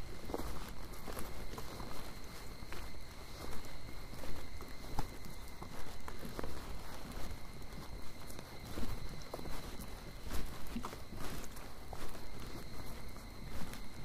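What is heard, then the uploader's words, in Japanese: Footsteps crunch along a mountain trail on a summer evening, irregular, a few each second. Behind them, insects hold a steady, thin, high-pitched drone at two fixed pitches for the whole fourteen seconds, with a soft low rumble of open air underneath. 景信山・高尾山 - VOICE OF MOUNTAIN。夏の夕方、景信山から高尾山を歩いたときにステレオマイクで収録した音声です。夕方らしい虫や鳥の声と山をただ無心で歩いています。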